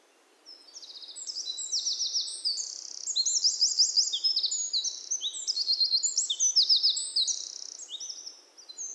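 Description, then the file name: Eurasian wren delivering a long, energetic song of rapid high trills and sharp notes, swelling and ebbing in loudness. "Troglodytes troglodytes"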